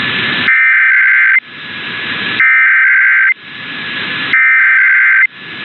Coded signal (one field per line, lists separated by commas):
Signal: Emergency Alert System (SAME) tones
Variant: header bursts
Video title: EAS #3-14 - Los Angeles Monthly Test (12/26/23)